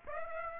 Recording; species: mosquito wingbeat signal from an infrared sensor; Aedes aegypti